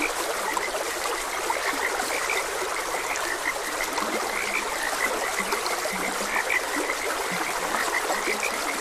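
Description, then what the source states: Frogs croaking in chorus, high chirps overlapping with several deeper, longer croaks in the second half, and flowing water behind. Frogs croaking beside a gentle stream.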